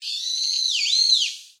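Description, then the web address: Bird giving a single long whistled call, steady and high with a brief dip near the middle, then a rising and falling bend before fading out. "Sound Effects-Foundation 1 BIRD 03 CALL 02"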